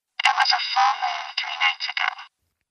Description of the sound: A video from Arizona State University that demonstrates what hearing with a cochlear implant sounds like. Then as somebody with a cochlear implant would hear it. It's converting sound waves into digital information, which the brain is then able to interpret.